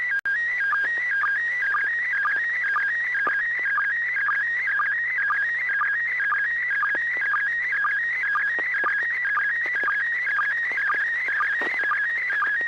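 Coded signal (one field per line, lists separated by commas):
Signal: SSTV (slow-scan television)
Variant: PD 120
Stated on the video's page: SSTV net on a 441.300 MHz FM repeater, sent with MMSSTV software.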